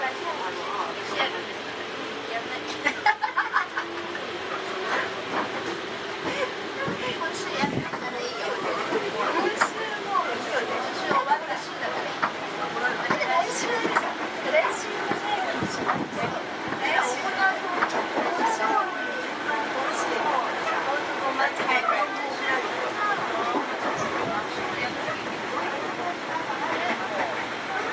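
A Sotetsu 7000 series train running between Yokohama and Yamato, with a steady, dense rattle and rumble that fills the whole stretch. A humming motor tone holds through the first seven seconds, sharp knocks come near the three-second mark, and voices murmur underneath.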